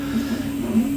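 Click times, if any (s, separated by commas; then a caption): none. A small 3D-printed plastic test cap is handled at the end of a test fitting to check the print tolerances, over a steady low hum with faint rustling and no distinct snap. Nothing has seated or clicked yet; the cap is not yet home.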